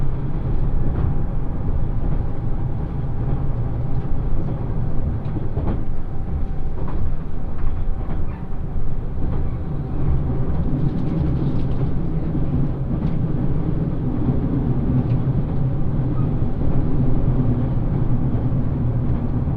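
Inside the limited express Ishizuchi 101 on the Yosan Line, running from Imaabari toward Matsuyama, a steady low rumble fills the whole clip. Faint clicks and knocks from the rails come through irregularly, with a thin hum running throughout and a brief brighter rattle around eleven seconds.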